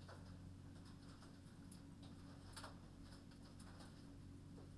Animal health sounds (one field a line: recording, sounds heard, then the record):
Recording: poultry house recording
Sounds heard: no chicken sound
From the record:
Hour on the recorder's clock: 22